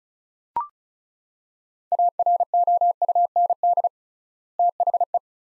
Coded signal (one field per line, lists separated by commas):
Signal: Morse code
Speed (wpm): 36 wpm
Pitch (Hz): 700 Hz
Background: none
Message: AROUND THE